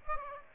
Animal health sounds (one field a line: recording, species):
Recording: mosquito wingbeat signal from an infrared sensor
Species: Aedes aegypti